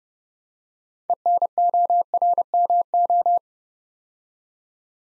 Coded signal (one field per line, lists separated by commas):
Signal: Morse code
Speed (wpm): 29 wpm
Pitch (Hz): 700 Hz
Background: none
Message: ENORMO